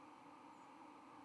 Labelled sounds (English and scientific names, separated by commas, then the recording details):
White-throated Sparrow (Zonotrichia albicollis) flight call
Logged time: 09:26 on 31 October 2014